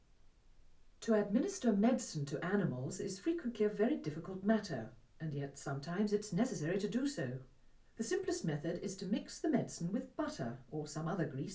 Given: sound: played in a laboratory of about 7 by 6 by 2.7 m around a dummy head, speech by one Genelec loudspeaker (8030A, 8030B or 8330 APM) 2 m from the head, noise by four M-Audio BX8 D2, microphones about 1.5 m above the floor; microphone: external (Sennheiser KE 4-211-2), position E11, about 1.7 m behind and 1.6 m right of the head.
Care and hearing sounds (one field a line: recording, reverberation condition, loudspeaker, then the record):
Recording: female speech in English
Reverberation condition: low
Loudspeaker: 60 degrees to the left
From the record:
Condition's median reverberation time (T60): about 310 ms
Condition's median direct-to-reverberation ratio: about 3.5 dB